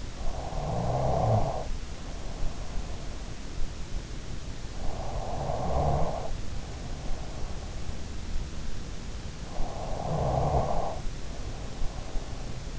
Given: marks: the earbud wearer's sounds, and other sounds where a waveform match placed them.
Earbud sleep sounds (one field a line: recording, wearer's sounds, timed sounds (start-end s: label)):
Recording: sounds in sleep by an in-ear microphone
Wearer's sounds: snoring breath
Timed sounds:
0.00-3.63 s: snoring breath
4.57-8.75 s: snoring breath
9.19-12.79 s: snoring breath